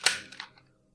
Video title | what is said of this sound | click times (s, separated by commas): Retro Zord Review 008 - Mighty Morphin Power Rangers Ninja Megazord #BanDai #Megazord | snap in place, | 0.1 s